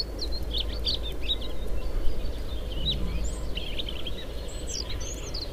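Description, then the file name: European robin song: almost continuous high warbling with quick tinkling notes and brief slurred whistles, heard over a constant low hum. "Erithacus rubecula"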